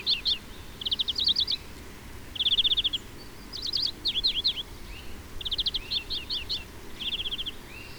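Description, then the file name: European greenfinch twittering in quick trilled bursts, some rattles even and others mixing sharp downward-slurred chirps, repeated steadily through the recording. "Chloris chloris"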